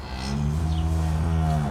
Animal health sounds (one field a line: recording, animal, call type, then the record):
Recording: contact call of a hoofed animal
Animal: cattle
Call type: low-frequency (closed-mouth) or high-frequency (open-mouth) call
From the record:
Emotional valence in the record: negative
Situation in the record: physical separation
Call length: 1.70 s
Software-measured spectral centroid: 2220 Hz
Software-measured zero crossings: 1160 a second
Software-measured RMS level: -24 dBFS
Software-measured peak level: -12 dBFS